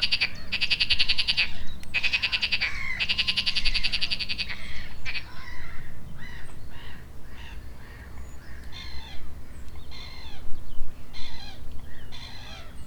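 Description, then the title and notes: Frogs in chorus: loud, buzzy rattling croaks in long bursts for the first five seconds, then a looser series of shorter, harsh croaks. Frogs at the edge of a pond on the banks of the Marne river, Neuilly-sur-Marne, France, in the early afternoon; recorded with a DR-40X recorder. "des grenouilles au bord d'un des étangs en bordure de la Marne"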